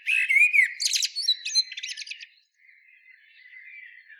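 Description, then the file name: Common blackbird song phrase, a mellow fluted whistle followed by a burst of scratchy, high twittering notes that trail off into faint quiet warbling. "Turdus merula"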